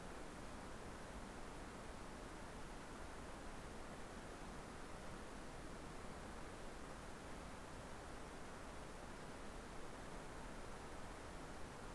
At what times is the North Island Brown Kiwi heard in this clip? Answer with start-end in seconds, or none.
none